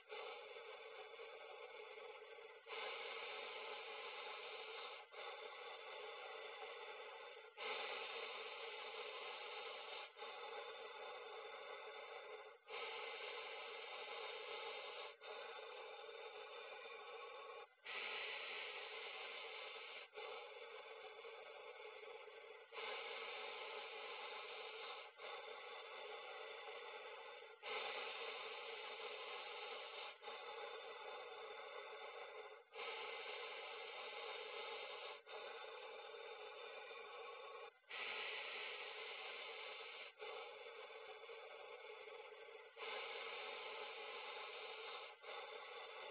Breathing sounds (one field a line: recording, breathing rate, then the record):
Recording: paced breathing near a phone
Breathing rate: 12 breaths a minute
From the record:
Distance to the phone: 40 cm